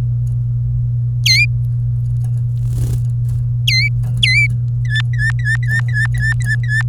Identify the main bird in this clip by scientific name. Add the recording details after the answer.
Serinus canaria. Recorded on 24 April 2018 at 11:18. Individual llb3